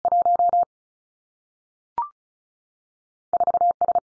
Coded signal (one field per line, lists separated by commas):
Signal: Morse code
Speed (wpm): 36 wpm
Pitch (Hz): 700 Hz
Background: none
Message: 1 4 S